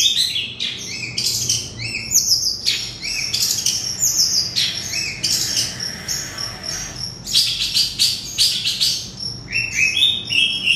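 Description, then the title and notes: Oriental magpie-robin song: quick bursts of bright whistled notes and harsh chattering elements, alternating with brief pauses. "Kicau Kacer. manukmanukan"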